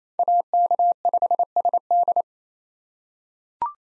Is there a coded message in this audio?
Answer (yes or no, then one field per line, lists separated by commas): yes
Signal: Morse code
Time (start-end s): 0.2-2.2 s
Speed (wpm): 28 wpm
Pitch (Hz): 700 Hz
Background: none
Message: AK5SD